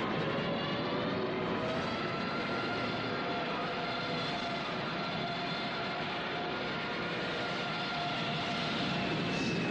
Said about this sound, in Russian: Щурясь, Лисиченко провожает проходящие над ним самолеты. На бруствере выложены подаренная Лопахиным граната и бутылка с зажигательной смесью. Некоторые красноармейцы стреляют по самолетам из ППШ и противотанковых ружей.